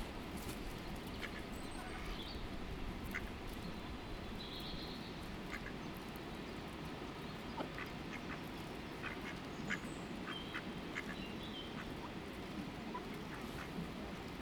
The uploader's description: Feeding the ducks, with one duck getting her way.